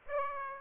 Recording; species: mosquito wingbeat signal from an infrared sensor; Aedes aegypti